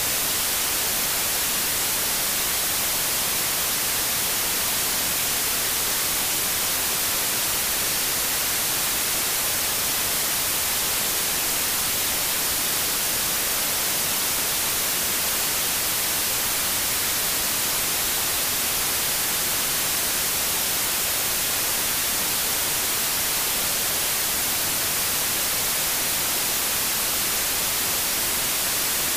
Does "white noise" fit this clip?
yes